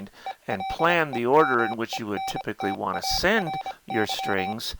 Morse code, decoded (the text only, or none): ELEMENTARY